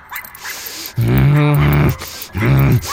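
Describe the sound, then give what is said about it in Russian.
A small dog, jumping about, gives two drawn-out, growling yaps, each lasting about a second, low-pitched and rough, with a short pause between them and faint rustling before the first. “А собачонка стала напрыгивать и тявкать, как ненормальная.”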